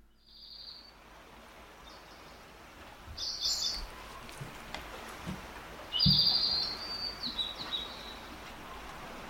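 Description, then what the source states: Spotted Towhee song: a few buzzy trills, the loudest at six seconds. In a dawn chorus on Cortes Island; a common neighbour that scuffles in the underbrush and has at least three distinctive calls.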